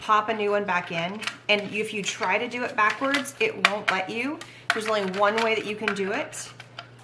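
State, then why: Not seated. A replacement adhesive refill cartridge is handled at a plastic tape runner dispenser while someone talks, with light plastic handling sounds under the voice. The cartridge has not yet seated or snapped in by the end of the clip.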